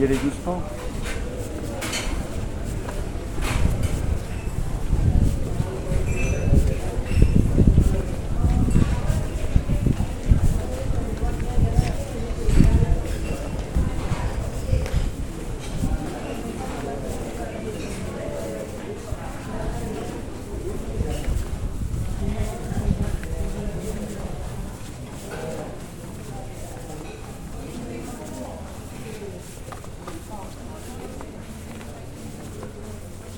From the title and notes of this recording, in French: Balade à Cadaquès. Juste une ballade sonore à cadaquès.